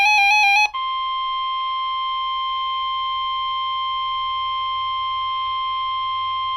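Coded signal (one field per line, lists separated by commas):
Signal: Emergency Alert System (SAME) tones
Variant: 1050 Hz attention tone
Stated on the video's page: Severe thunderstorm watch from NOAA Weather Radio transmitter WXJ87, Madison, Wisconsin.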